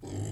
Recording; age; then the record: pig call; weaner (32 to 43 days)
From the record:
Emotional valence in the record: positive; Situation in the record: positive conditioning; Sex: female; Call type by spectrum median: low-frequency call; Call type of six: low-frequency stable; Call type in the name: low-frequency stable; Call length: 0.33 s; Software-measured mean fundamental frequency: 49 Hz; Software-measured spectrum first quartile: 125 Hz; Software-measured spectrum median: 320 Hz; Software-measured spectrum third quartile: 1571 Hz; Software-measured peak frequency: 112 Hz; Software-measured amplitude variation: 100 dB a second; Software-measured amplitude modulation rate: 29.0 a second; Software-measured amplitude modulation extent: 3.4 dB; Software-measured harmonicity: 9.2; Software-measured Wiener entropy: -2.93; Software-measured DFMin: 1283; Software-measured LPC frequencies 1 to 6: 1969, 3077, 4903, 6372, 7321, 7842 Hz